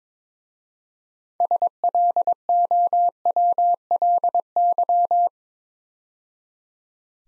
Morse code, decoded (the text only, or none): SLOWLY